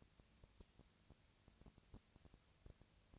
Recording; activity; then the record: daily activity, microphone in the room; no activity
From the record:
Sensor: 2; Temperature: 20.1 degrees Celsius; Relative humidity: 35.5%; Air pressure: 996.9 hPa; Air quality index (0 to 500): 197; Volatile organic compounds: 30 ppm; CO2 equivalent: 2955 ppm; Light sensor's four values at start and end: 2/3/2/2 and 2/3/2/2